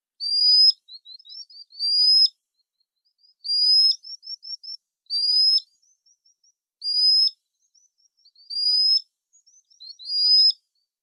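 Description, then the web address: Common sandpiper calls: high, thin rising whistles alternating with short twittering notes, repeated about every one and a half seconds. "isoshigi"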